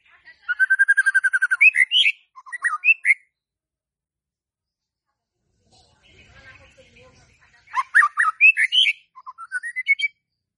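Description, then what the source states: White-rumped shama song: a fast trill of whistled notes and varied warbles, a quiet pause with faint low sounds, then more rising whistled phrases. Lure for a stressed murai batu (shama) that has stopped singing (stres, macet).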